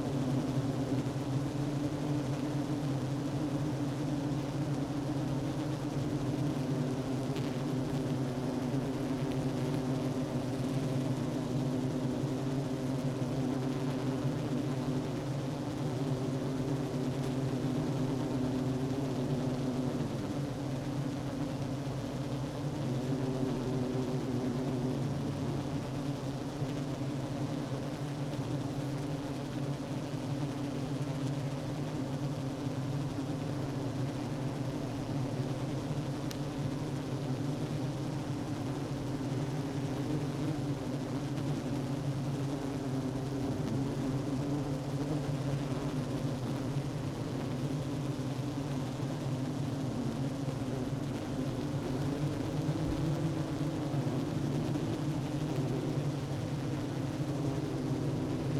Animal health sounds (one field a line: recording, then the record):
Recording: honeybee colony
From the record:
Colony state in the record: active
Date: 12 June 2018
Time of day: 10:31